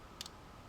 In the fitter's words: C'est mal clipsé. Je déteste quand quelque chose est mal clipsé.